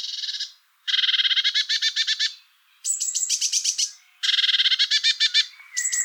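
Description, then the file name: Eurasian blue tit scolding with buzzy churred rattles in several bursts, some starting higher and thinner, separated by brief silences. "Cyanistes caeruleus"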